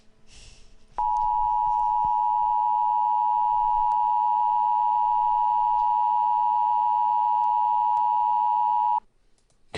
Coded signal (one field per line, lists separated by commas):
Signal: Emergency Alert System (SAME) tones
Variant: 853 and 960 Hz attention tone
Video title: EAS Mock - The Facility Part 1 (note: the phone number at the end is fake)